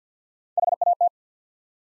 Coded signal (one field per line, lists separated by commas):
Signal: Morse code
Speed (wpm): 50 wpm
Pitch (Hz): 700 Hz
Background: none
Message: H A T